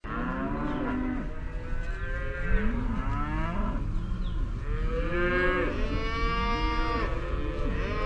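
Cow: cattle lowing in a steady chorus, drawn-out moos with wavering pitch following one another almost without pause over a constant low hum.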